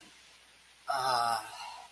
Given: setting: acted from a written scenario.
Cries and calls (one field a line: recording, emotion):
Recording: vocal sound without words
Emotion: romantic love